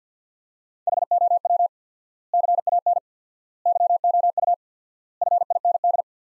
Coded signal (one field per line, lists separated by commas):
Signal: Morse code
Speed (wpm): 50 wpm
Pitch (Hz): 700 Hz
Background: none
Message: HOW CAN YOU FIND